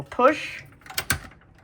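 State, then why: Seated. Someone talks briefly as a butane gas canister is given a small push into the canister connector of an Iwatani 35FW portable single-burner stove. A sharp click sounds at 1.1 s as it seats, leaving the canister solidly attached and engaged.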